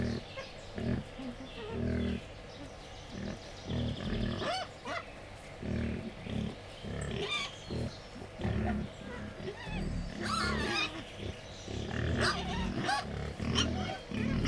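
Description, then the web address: Wild boar grunting in quick runs of low pulses, mixed with several short, high squeals scattered throughout. Captive wild boar at Jászberény Zoo, excited before feeding, 28 April 2015. "allathangok jaszberenyizoo 2015 professzionalis vaddiszno etetesrefelajzva 04 28"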